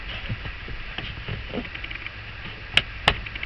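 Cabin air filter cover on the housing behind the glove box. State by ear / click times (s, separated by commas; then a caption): seated / 2.8 s, 3.1 s. The plastic cabin air filter access cover behind the glove box of a 2001–2006 Suzuki XL-7 is fitted up onto its housing and pushed on, with quiet handling and rustling at first. Two sharp clicks at 2.8 and 3.1 seconds mark it snapping onto its tabs on both sides, and a fainter tap follows just before the end. The click means the cover is seated and secured in place.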